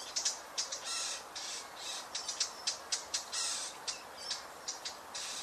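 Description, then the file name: Eurasian blackcap calls: hard, clicking tack notes repeated quickly and unevenly throughout, over a steady hissing background. "Sylvia atricapilla"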